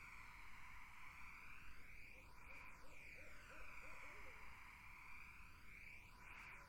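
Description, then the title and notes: Barred owl hoots form a brief, soft run of looping notes midway, partly buried under a loud, even insect buzz and washing background noise. Wetland in summer. "Barred Owls in a Summer Wetland. The Wild Life"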